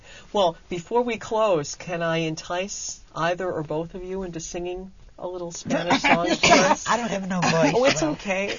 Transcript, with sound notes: Well, before we close can I entice either or both of you into singing a little Spanish song?
( they laugh ) I don't have no voice.
It's okay.